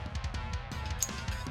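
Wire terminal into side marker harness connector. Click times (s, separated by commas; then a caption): 1.0 s. A crimped wire terminal, held facing up, is pushed into a plastic side-marker harness connector for a 2001–2005 Honda Civic. Over steady background music with drum beats, one sharp click rings out at 1.0 s, well above the music, as the terminal seats fully in the connector.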